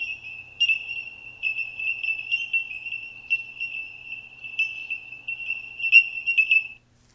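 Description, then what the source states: Bellbird singing a steady high, bell-like tone broken by bright tinkling accents, carrying on for about seven seconds before stopping abruptly. Recorded years ago in the hills when many bellbirds were present, since gone; high-pitched sound.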